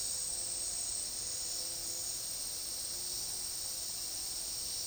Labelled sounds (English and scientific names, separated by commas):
none